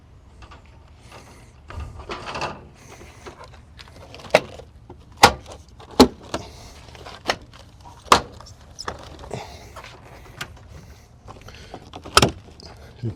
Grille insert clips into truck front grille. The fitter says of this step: can kind of hear them snap in place.